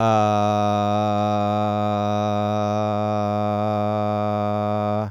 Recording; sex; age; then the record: sustained vowel /a/; male; 20 to 29 years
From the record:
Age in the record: 24 years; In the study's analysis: included